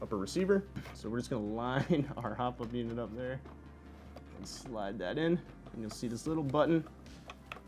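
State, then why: Seated. Someone talks while the upper receiver of a Tokyo Marui P90 airsoft replica, with its hop-up unit lined up, is slid onto the lower receiver and pushed in. A sharp click sounds at 7.5 s as the small retaining latch button catches, and the upper receiver is seated.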